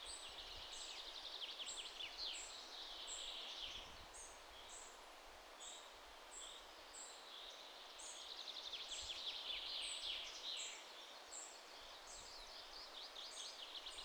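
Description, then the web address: Birds calling outdoors: many short high chirps and thin whistled notes repeated several times a second, with trills in bursts, over a steady hiss of background noise. Birds outdoors in a European ambience, wide stereo field. "GDC 2017-Game Audio Bundle 3 maze - European Ambiances birds outside"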